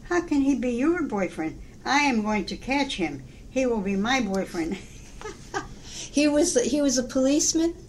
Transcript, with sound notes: 'How can he be your boyfriend? I am going to catch him, he will be my boyfriend.' (laughs)
He—he was a policeman?